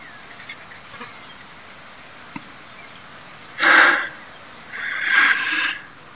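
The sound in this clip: Cape vulture giving two harsh, hissing bursts, the second longer, against a steady background hiss.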